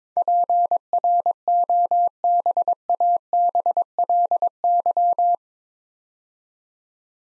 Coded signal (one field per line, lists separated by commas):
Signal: Morse code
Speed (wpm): 21 wpm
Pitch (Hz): 700 Hz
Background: none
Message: PROBABLY